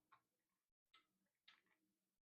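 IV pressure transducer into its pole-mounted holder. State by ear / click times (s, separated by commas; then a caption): not seated / none. A primed arterial line pressure transducer on IV tubing is handled against its plastic mounting holder on the pole, pigtail facing down, before being pressed in to snap into place. Three short ticking taps sound near 0.1, 0.9 and 1.5 seconds over a faint background, with brief silent gaps. Nothing has seated or snapped yet.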